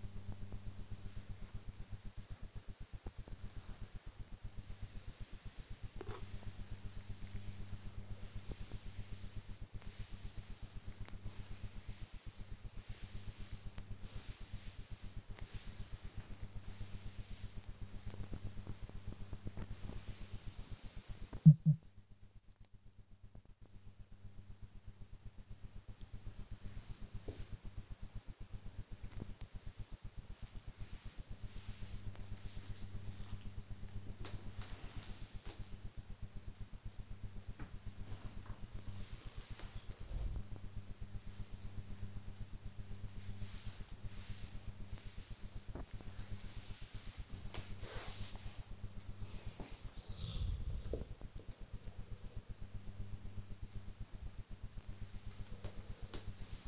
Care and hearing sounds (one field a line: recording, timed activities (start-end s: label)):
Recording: household activities, microphone on the right wrist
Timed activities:
0.00-56.68 s: petting the dog